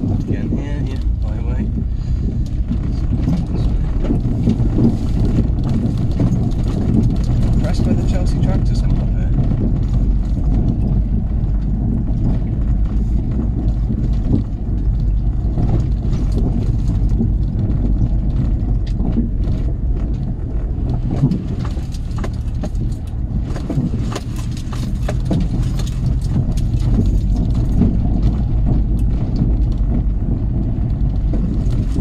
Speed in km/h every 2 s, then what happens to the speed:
13, 13, 16, 16, 18, 19, 21, 19, 19, 19, 16, 16, 16, 19, 19, 21.
0-12 speeds up to 21. 12-32 steady at about 19.